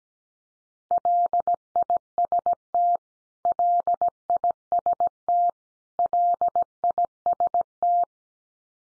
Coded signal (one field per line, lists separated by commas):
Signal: Morse code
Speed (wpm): 17 wpm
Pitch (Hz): 700 Hz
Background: none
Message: LIST LIST LIST